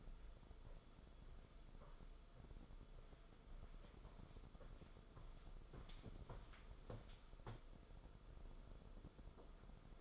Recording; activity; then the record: daily activity, microphone in the room; walk to room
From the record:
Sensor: 5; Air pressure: 994.5 hPa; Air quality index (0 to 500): 174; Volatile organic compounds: 701 ppm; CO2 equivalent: 5042 ppm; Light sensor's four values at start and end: 31/106/39/41 and 31/103/38/40